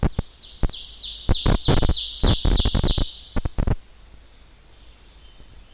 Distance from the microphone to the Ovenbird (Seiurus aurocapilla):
about 40 m